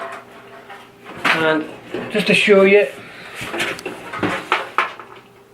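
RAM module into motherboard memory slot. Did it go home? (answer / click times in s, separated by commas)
yes / 4.5 s, 4.8 s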